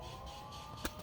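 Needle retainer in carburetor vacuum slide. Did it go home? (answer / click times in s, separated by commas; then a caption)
yes / 0.8 s. The plastic needle retainer of a 1999 Honda Shadow carburetor is pushed back into the carburetor vacuum slide against its spring and given a quarter turn. A short, sharp click at 0.9 s stands out over a steady background hum. The retainer locks in place.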